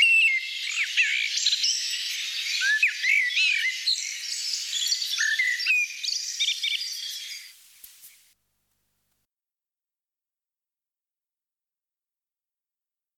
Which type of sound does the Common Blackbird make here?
song